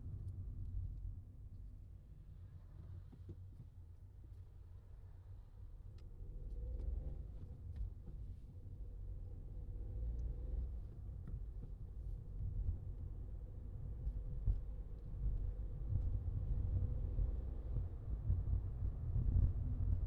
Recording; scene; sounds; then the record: everyday scene through a hearing-aid microphone; in a vehicle; engine, traffic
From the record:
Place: Skoda Fabia, gasoline engine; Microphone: in the ear canal, left